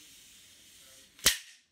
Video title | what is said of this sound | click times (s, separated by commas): How to setup, use and take readings on a Surveying or Dumpy Level | and you will hear a click whenever the staff is fully extended | 1.3 s